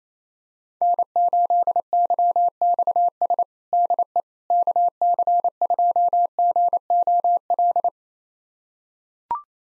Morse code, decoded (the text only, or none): N8YXS DE KC2GOL